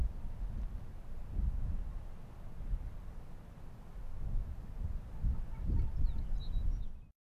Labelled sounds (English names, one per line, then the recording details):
Arctic Fox
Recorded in the wild
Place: Insel Mednyi, Kommandeur-Inseln, RU
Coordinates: 54.5167, 168.083
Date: 1999-07-26
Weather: 8°C, leicht bewölkt, starker Südwestwind
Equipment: Sony WM-D6C, Sennheiser ME 80, K 30 AV, Windkorb, Kopie Tascam DA 30
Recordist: Jakupi, Antje
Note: Südosten der Insel, weisse Stange: Vier leise Bellstrophen vom Grat des "Mt. Blanc". Zwei vorangegangene nicht aufgezeichnet